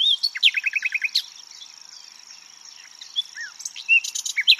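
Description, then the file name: Common nightingale song with a quick run of repeated slurred notes, a quiet gap of soft calls, then sharp chips and whistles; steady high-pitched hiss throughout. "Luscinia megarhynchos"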